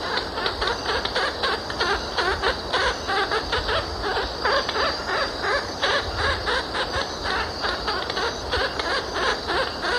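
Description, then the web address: Oilbirds giving harsh squawks and cackling screams in quick uneven bursts, several birds calling over one another. Ecuador. "Natures Songs S America Birds of Ecuador Oilbird"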